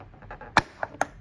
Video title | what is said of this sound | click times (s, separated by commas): Acura MDX 2022-2023 4th Generation OEM Roof Rails Installation Guide | did you hear the click so that means this actually clip is right here | 0.6 s